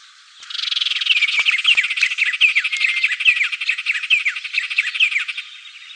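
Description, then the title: White-rumped tanager giving a long run of quick, downslurred chattering notes, steadily repeated for about five seconds. Subspecies Cypsnagra hirundinacea hirundinacea. "LuckyPassaro Completos2Sama. White-rumped Tanager (Cypsnagra hirundinacea hirundinacea)"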